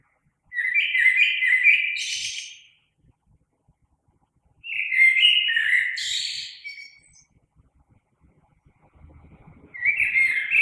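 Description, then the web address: Common blackbird with mellow warbled phrases and squeaky high finishes, a new phrase starting every four to five seconds, a faint low rumble near the end. Recorded 3 March 2020. "oiseaux Merle 2020 03 03"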